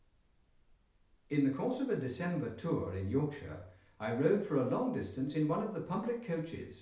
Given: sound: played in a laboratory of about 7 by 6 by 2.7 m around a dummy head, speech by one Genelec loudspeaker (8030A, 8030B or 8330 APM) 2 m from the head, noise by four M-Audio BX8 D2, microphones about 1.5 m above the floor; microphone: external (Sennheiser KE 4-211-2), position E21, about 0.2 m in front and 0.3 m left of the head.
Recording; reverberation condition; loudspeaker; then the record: male speech in English; medium; 120 degrees to the right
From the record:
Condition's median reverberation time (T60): about 510 ms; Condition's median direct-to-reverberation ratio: about -0.5 dB